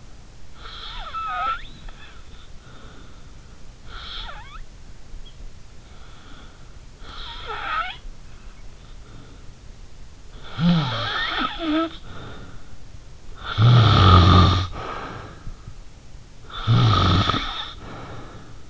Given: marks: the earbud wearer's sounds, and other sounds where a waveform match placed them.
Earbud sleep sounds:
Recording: sounds in sleep by an in-ear microphone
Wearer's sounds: snoring breath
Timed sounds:
0.55-3.12 s: snoring breath
3.92-6.56 s: snoring breath
7.09-9.69 s: snoring breath
10.42-12.65 s: snoring breath
13.35-15.75 s: snoring breath
16.40-18.70 s: snoring breath

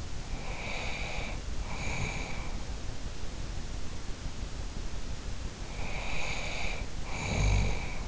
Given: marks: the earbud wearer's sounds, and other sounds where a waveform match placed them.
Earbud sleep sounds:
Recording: sounds in sleep by an in-ear microphone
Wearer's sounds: breath, snoring breath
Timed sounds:
0.18-2.70 s: breath
5.64-8.08 s: snoring breath

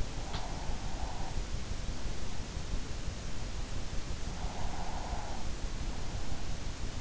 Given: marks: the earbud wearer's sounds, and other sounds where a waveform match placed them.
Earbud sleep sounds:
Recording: sounds in sleep by an in-ear microphone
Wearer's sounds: breath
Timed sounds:
0.00-1.59 s: breath
3.99-5.65 s: breath

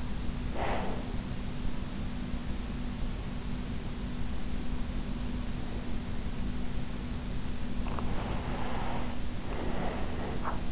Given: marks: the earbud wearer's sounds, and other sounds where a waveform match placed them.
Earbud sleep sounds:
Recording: sounds in sleep by an in-ear microphone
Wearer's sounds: breath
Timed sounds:
0.00-1.48 s: breath
7.82-10.72 s: breath

